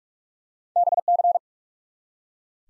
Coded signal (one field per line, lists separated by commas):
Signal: Morse code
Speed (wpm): 42 wpm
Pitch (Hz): 700 Hz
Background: none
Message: BC